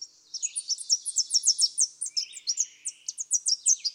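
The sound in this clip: Tennessee warbler song: a bright, rapid series of high, sharp notes in steady rhythm, with a faint lower buzzy sound in the middle.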